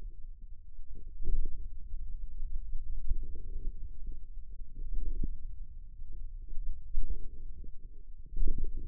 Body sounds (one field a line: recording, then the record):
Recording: forearm muscle sounds (acoustic myography)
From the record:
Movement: pen grasping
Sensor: system 2, bracelet of six BSWA MPA416 microphones around the upper forearm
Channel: 5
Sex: male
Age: 22 years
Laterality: right